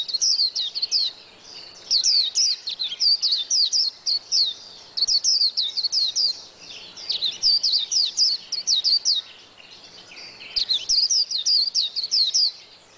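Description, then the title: White-eye singing in quick high-pitched twittering phrases, each burst lasting a second or two, separated by short gaps and repeated throughout. "Pleci"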